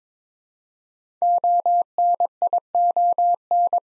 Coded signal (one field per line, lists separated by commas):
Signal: Morse code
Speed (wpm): 22 wpm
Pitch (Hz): 700 Hz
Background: none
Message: ONION